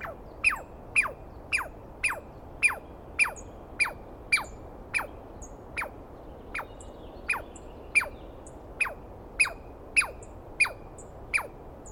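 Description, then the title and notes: Douglas squirrel calls: a rapid series of shrill downward-sweeping squeals, a little under two per second. Recorded at dawn on 21 April 2017 in the East Cascades; a single screaming Douglas pine squirrel called at length at the recordist; identified by sound, not clearly seen. "On the morning of 21 April, 2017, I set up my microphones and recorder for a nice dawn recording in the East Cascades. It was early, and I started to fall asleep while recording. Instead of lulling off into dreamland, I was started awake by a screaming Douglas Pine Squirrel."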